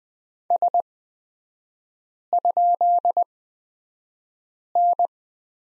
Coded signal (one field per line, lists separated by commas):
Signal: Morse code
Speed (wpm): 20 wpm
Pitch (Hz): 700 Hz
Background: none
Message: S?N